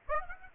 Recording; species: mosquito wingbeat signal from an infrared sensor; Aedes aegypti